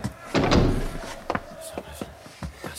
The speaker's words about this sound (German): Die Tür zu.